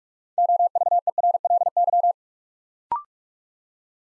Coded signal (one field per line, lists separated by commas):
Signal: Morse code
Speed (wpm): 44 wpm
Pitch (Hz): 700 Hz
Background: none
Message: OVERLY